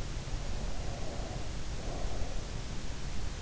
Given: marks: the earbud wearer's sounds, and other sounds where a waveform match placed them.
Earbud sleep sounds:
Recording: sounds in sleep by an in-ear microphone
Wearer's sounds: breath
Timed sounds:
0.01-3.06 s: breath

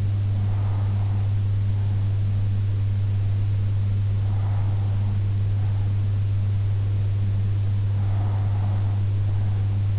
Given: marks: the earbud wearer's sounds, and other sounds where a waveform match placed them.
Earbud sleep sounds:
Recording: sounds in sleep by an in-ear microphone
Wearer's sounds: breath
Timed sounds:
0.00-1.99 s: breath
3.99-4.99 s: breath
7.99-9.99 s: breath

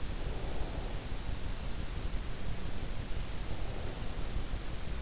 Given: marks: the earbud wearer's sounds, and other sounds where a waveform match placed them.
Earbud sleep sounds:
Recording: sounds in sleep by an in-ear microphone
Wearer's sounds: breath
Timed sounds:
0.11-1.31 s: breath

